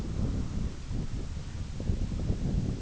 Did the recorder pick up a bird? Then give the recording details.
no. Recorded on Arctic tundra, site IGLO-B, on 21 June 2018. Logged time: 15:59